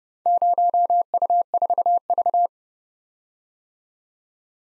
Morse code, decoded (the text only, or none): 0U4V